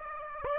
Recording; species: mosquito wingbeat signal from an infrared sensor; Aedes aegypti